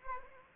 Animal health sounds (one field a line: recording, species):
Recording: mosquito wingbeat signal from an infrared sensor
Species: Anopheles arabiensis